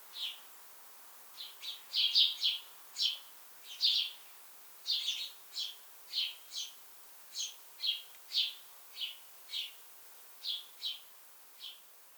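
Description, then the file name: House sparrow chirping, a steady run of short chirps, some clustered, over a soft background hiss. "Passer domesticus"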